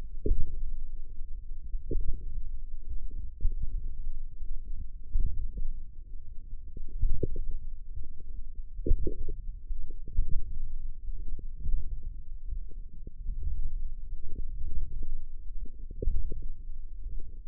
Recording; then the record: forearm muscle sounds (acoustic myography)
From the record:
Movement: forearm supination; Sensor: system 1, eight BSWA MPA416 microphones around the upper forearm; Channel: 6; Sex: female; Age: 22 years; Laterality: right